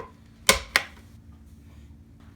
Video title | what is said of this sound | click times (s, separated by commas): Dual Function GM Tow Mirrors (Signal & Running Light) Installation Video | it down and then you're going to just firmly push down until you hear a click now | 0.5 s, 0.8 s